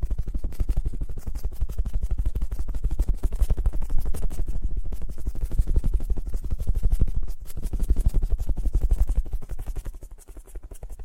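Fast, gentle tapping runs steadily through the clip, a dense stream of soft, quick strikes with a dull, low body. The rhythm stays even, briefly thinning around seven seconds, and the taps grow quieter and sparser over the last second or two.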